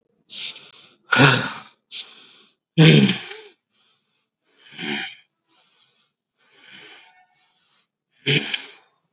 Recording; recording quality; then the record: shallow breathing; moderate, slight background noise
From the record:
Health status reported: COVID-19 positive, mild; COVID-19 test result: positive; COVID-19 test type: RT-PCR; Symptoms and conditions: cough, fever, fatigue, muscle pain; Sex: male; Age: 39 years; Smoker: yes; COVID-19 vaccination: both doses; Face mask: worn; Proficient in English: yes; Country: India